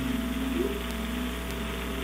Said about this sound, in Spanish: Y aquí se están escuchando unos carros, pero aquí no hay casa.